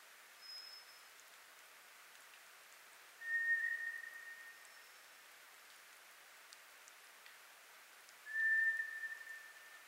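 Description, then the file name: White's thrush song: two long, steady, thin whistles about five seconds apart, with fainter higher whistles before and between them and light pattering ticks in the background. Recorded 24 April 2010. "toratugumi-20100424"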